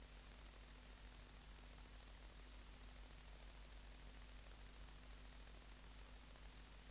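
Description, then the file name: Great green bush-cricket song, a sustained high sizzle of rapid, even pulses that keeps going without interruption, with a low faint hum underneath. "Tettigonia viridissima"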